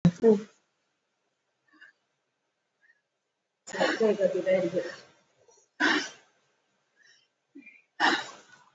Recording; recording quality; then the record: shallow breathing; excellent, no background noise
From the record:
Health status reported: COVID-19 positive, mild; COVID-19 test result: positive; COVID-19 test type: RT-PCR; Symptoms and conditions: cough, fatigue, hypertension, diabetes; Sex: female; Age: 78 years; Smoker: no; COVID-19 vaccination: one dose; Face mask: worn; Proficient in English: yes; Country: India